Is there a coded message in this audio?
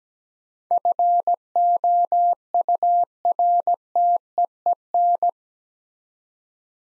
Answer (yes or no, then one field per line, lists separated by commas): yes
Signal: Morse code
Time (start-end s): 0.7-5.3 s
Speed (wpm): 17 wpm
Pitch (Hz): 700 Hz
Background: none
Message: FOURTEEN